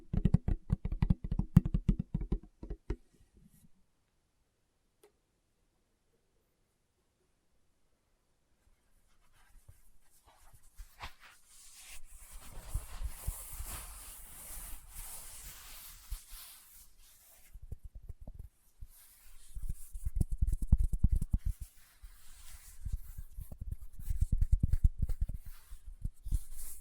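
Fingertips tap rapidly on a surface, a dense patter of soft knocks for the first few seconds before a pause of several seconds. Tapping returns around ten seconds, mixed with a light hissing brush, then comes back in quick clustered bursts near the end.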